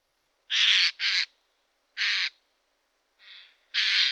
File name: Geai-des-chênes